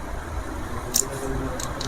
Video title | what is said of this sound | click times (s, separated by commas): Glamour bike gear box fitting//ग्लैमर bike की gear box fitting | ये जैसे ही आप इसे अंदर की तरफ पुश करेंगे ये अंदर शाफ्ट में आके लॉक हो जाता है। | 1.0 s